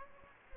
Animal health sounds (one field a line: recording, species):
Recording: mosquito wingbeat signal from an infrared sensor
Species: Anopheles gambiae